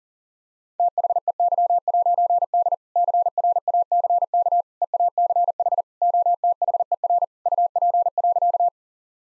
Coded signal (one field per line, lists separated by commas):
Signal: Morse code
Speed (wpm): 40 wpm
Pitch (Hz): 700 Hz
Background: none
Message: THEY'D CRACK EACH OTHER UP.